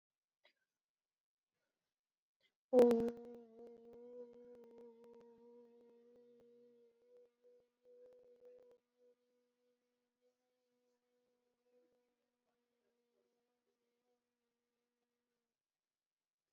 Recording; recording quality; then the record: sustained vowel as in boot; excellent, no background noise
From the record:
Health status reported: COVID-19 positive, mild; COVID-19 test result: positive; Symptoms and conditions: cough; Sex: female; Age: 54 years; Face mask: not worn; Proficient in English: yes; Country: India